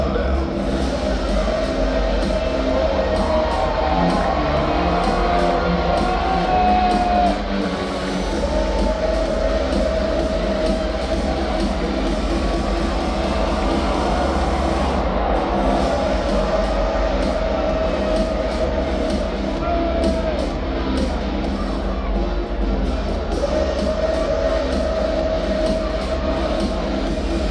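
People chanting in a wrestling crowd, a dense, steady roar of voices over a low rumble, with sustained chant tones rising and falling throughout.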